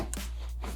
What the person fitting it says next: You probably heard those two little clicks.